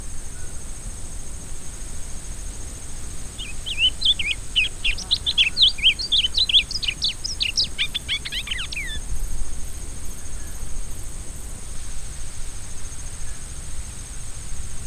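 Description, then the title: Rusty-collared seedeater singing a quick run of sharp, sliding whistled notes lasting about six seconds, ending in a fast series of descending strokes, with constant faint hiss behind. Repicador song style. "fibra_repicador. coleiro do brejo"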